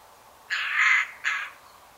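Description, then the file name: Eurasian jay uttering one drawn-out harsh rasp followed quickly by a shorter scratchy screech. "Garrulus glandarius"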